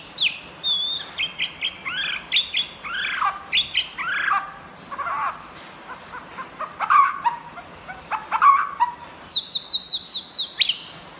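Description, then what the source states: White-rumped shama song: arched whistles and sharp clicks, ending with a quick series of descending high notes repeated about six times. Champion bird from a singing contest.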